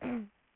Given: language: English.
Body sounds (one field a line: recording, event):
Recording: throat vibration sensor signal played as sound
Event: throat clearing